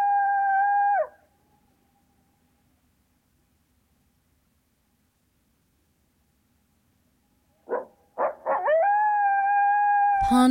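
Coyote howl: a flat sustained howl that stops abruptly, a long silence, then a few quick yips rising into another drawn-out steady howl.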